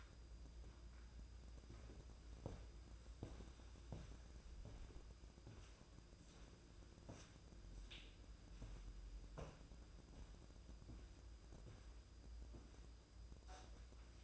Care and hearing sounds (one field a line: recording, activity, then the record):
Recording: daily activity, microphone in the room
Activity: walk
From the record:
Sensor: 2